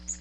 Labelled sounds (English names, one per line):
Magnolia Warbler flight call